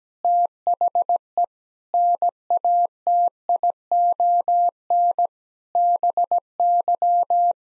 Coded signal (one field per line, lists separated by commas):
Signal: Morse code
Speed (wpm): 17 wpm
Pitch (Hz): 700 Hz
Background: none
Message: THE NATION BY